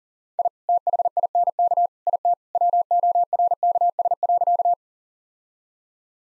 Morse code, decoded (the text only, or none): I THINK IT WORKS.